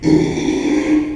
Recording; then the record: squeal of a Yucatan mini pig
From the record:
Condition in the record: after surgery on the right vocal fold (resection and tissue-engineered implant); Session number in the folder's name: 2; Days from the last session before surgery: 13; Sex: male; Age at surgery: 12 weeks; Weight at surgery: 13 kg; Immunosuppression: cyclosporine, prednisolone